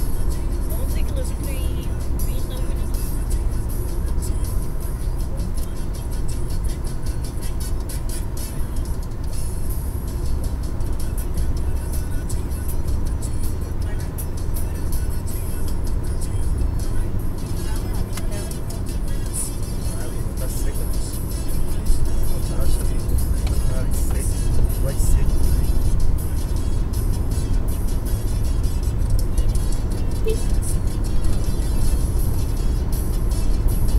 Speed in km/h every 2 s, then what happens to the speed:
108, 108, 107, 106, 108, 111, 114, 114, 114, 114, 115, 117, 119, 121, 123, 124, 125.
0-6 steady at about 107. 6-34 speeds up to 125.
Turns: none.